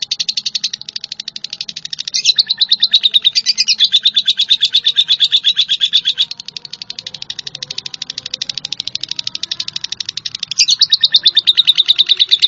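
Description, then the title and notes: Bird pouring out rapid, high, rhythmic chirps, growing louder in bursts and softening between them. "Bird Sound. Kicau Burung Lengkap"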